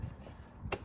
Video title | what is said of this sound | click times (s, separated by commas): How to Remove the Stock Air Box on Your E46 3 Series | Make sure you hear that click, | 0.7 s